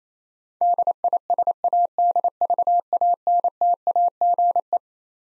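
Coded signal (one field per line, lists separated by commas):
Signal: Morse code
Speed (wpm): 28 wpm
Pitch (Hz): 700 Hz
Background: none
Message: DISADVANTAGE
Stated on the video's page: Morse head-copy drill of twelve-letter words at 28 wpm, each word sent, spoken, then sent again.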